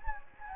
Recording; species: mosquito wingbeat signal from an infrared sensor; Anopheles gambiae